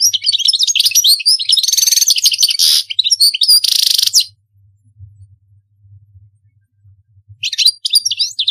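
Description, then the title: European goldfinch song, a fast jumble of tinkling chirps and buzzy rattles for four seconds, a pause with low hum, then more twittering. "Chant Chardonneret"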